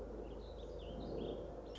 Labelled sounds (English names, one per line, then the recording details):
Warbling Vireo
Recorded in Sonoma County, California